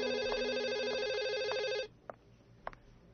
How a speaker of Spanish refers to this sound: Jadeando y maldiciendo el tabaco, irrumpí en mi habitación en el momento preciso en que sonaba el teléfono.